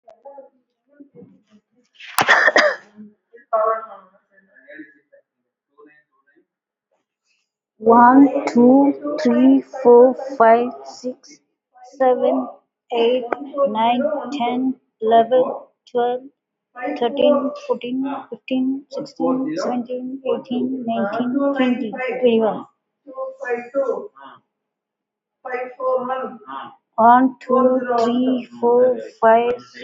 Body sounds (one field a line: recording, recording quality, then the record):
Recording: shallow breathing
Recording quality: poor, much background noise or distortion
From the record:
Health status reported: recovered from COVID-19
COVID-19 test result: positive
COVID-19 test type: RT-PCR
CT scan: not taken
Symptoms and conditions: loss of smell and taste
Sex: female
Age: 38 years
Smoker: no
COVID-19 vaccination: both doses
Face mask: not worn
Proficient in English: yes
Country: India